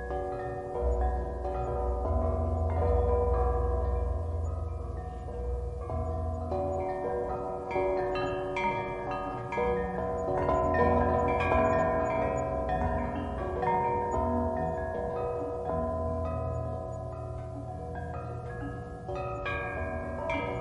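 Bells ring continuously in overlapping, sustained tones, a dense shimmering wash with a low steady rumble underneath and no silences throughout.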